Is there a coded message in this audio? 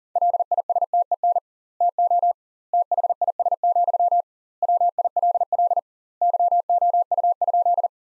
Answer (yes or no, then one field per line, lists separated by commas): yes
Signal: Morse code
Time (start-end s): 0.2-7.9 s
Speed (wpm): 40 wpm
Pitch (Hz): 700 Hz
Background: none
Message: LISTEN TO THIS, WILL YOU?